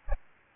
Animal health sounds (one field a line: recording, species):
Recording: mosquito wingbeat signal from an infrared sensor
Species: Aedes albopictus